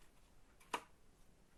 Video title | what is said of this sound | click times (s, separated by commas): HAUL NOZ..Le dernier de 2020 Arrivage GORJUSS... | Clac, je ne sais pas si vous l'avez entendu. | 0.7 s